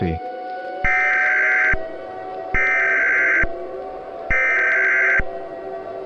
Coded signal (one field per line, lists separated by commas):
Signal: Emergency Alert System (SAME) tones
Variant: header bursts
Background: speech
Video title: EAS Scenario: Mobius City Metal Virus Part 1